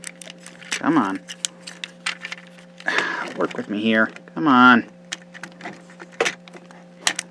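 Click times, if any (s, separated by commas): 7.1 s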